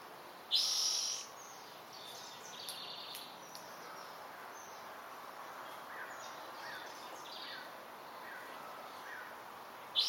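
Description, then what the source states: Bird calls: a loud high burst near the start and another at the very end, with soft scattered chirps and faint down-slurred notes between, over a quiet, hissy background. Dense natural setting.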